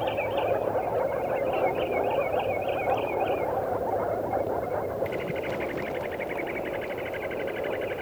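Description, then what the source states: Wood sandpiper song: a fast series of bouncy, repeated whistled notes for about three seconds, then a denser rapid trill, over a steady rushing background noise. Field recording by Ilkka Heiskanen from Finland, issued on a 1988 cassette of countryside birds.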